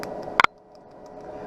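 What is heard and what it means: A metal cartridge part on an Oakley 5137 eyeglass frame, fitted with Rx Zeiss Photofusion Blue progressive lenses with Duravision Blue Protect anti-glare, is worked loose until it separates from the frame. It gives two sharp clicks at 0.4 and 0.4 seconds over a low steady hiss. The cartridge is released from the frame but does not come all the way out.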